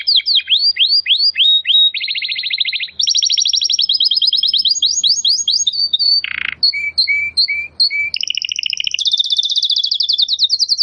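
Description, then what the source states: Domestic canary pouring out continuous fast trills, shifting between rolling and buzzy phrases, with a short set of lower repeated notes before resuming. Belgian canary singing; labelled 'Campainha'.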